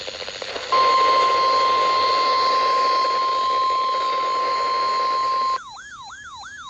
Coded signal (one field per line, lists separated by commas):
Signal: Emergency Alert System (SAME) tones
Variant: 1050 Hz attention tone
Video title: EAS Alerts From 7/15/25: A Compilation (EAS 928-938)